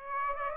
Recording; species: mosquito wingbeat signal from an infrared sensor; Aedes aegypti